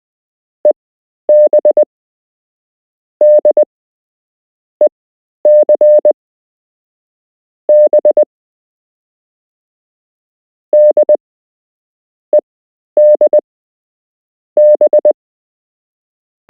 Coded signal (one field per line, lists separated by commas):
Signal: Morse code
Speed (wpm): 19 wpm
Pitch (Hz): 600 Hz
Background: none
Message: EB DEC B DEDB